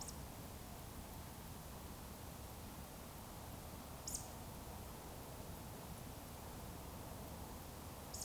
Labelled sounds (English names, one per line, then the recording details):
Eurasian Woodcock whistle
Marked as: whistle, whistle, whistle
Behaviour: display flight
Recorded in Baden-Württemberg, Germany, on 19 May 2020 at 20:03 UTC
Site 31917, 145 m above sea level